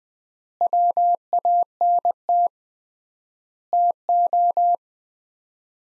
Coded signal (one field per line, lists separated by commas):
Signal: Morse code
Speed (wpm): 20 wpm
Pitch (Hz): 700 Hz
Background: none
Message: WANT TO